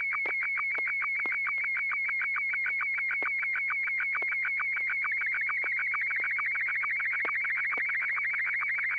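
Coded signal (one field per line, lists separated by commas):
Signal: SSTV (slow-scan television)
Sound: high warbling tone near 2.2 kHz, rapidly chirping downward in a steady rhythm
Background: low steady hum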